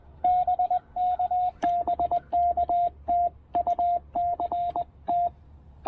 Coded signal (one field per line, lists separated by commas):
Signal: Morse code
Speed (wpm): 20 wpm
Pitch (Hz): 690 Hz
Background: radio noise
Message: BK BK TU CT